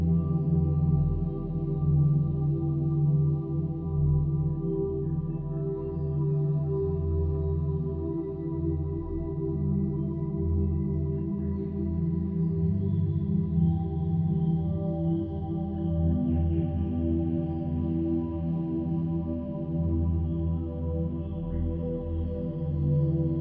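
Ambient music of long, sustained, ringing tones like a singing bowl or soft gong, layered into a thick, low, humming drone. The sound stays steady and even throughout, with faint higher tones drifting in and out above the warm low bed.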